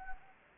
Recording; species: mosquito wingbeat signal from an infrared sensor; Anopheles gambiae